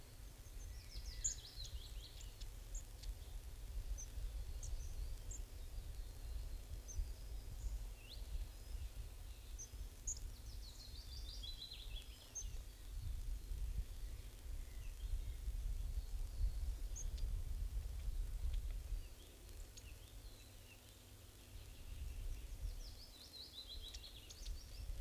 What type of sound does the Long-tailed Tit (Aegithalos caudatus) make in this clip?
call